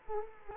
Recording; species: mosquito wingbeat signal from an infrared sensor; Culex quinquefasciatus